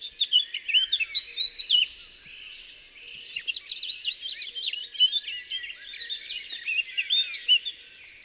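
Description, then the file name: Eurasian blackcap song: quick, bubbling warbling, high and varied, with a short quieter pause early on. "Sylvia atricapilla"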